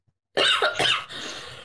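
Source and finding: Adult woman. Cough.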